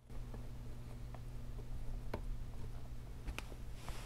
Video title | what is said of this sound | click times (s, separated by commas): MacEffects Clear Case REVIEW [SE & SE/30] | it snapped in it takes some doing | 3.4 s